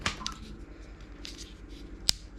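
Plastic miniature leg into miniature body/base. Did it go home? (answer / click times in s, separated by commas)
yes / 2.1 s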